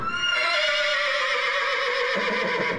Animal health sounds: contact call of a hoofed animal; horse; whinny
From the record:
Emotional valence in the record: negative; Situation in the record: group separation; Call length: 2.9 s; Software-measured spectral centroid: 2470 Hz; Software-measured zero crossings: 3750 a second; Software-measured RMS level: -24 dBFS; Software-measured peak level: -11 dBFS

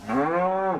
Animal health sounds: contact call of a hoofed animal; cattle; low-frequency (closed-mouth) or high-frequency (open-mouth) call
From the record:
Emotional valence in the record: negative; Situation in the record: full separation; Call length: 0.80 s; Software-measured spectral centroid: 1140 Hz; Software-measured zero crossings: 1480 a second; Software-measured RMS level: -24 dBFS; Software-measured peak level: -13 dBFS

